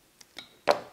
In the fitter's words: jetzt ist es auch eingerastet und ich kann das jetzt rausschrauben ja